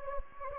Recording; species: mosquito wingbeat signal from an infrared sensor; Anopheles gambiae